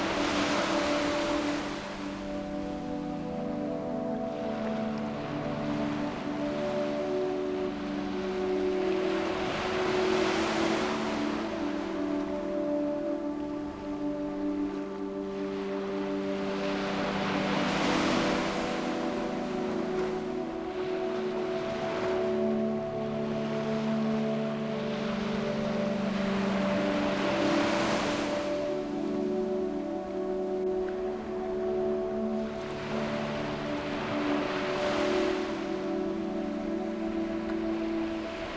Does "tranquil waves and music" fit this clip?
yes